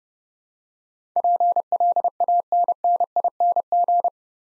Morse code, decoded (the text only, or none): PLANNING